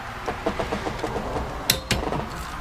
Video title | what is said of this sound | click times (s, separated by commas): NA Miata Combination Switch High Beam repair and LED trucklite install | until it clicks baby | 1.7 s